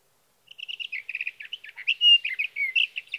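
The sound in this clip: Sage thrasher song opening with rapid repeated chips, then running into a varied warble with a few clear whistled notes.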